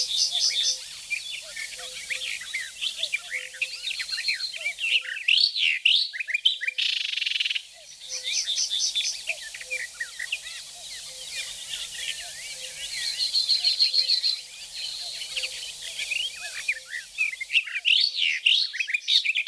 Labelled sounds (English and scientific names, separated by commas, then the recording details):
Barred Warbler (Sylvia nisoria) song
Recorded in the wild
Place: Flögelner See, Baden-Württemberg, DE
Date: 1985-05-24
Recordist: Schwarz, Dieter